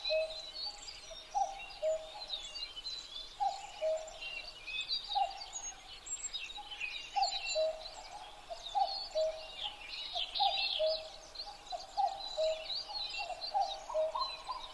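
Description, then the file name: Common cuckoo repeating its mellow two-note call, high then low, in a steady series, while numerous small birds sing in a lively chorus. Recorded 12 June 2011 at 03:53. "kakkou-20110612-0353"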